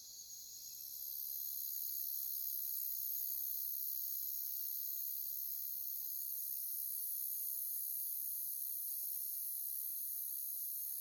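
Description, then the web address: Crickets in a soft, continuous high shrill chorus that fades in over the first second, then holds steady. "Nature Songs Nature Sounds Sounds of Nature Collection Crickets"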